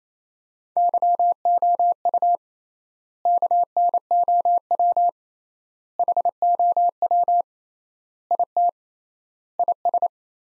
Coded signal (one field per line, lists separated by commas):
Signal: Morse code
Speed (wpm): 28 wpm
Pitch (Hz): 700 Hz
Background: none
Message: YOU KNOW HOW IT IS